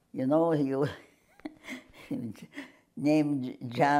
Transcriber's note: chuckles